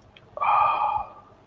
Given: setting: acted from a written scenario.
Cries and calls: vocal sound without words; serenity

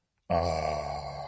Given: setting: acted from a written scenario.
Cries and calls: vocal sound without words; serenity

